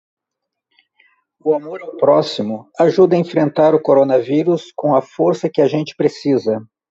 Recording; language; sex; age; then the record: spoken sentence; Brazilian Portuguese; male; 50 to 59 years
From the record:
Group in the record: control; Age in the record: 51 years